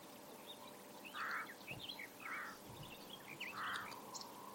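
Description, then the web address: Bird calls, three short, husky, pulsed notes at irregular spacing, with faint higher chirps and a low hiss in the background. "Deverinetal 2025 File origin Bird Only"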